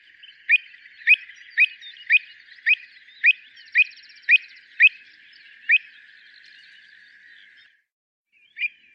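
Bird calling with a steady run of bright upward-flicked chirps, about two per second, then a pause and one final chirp.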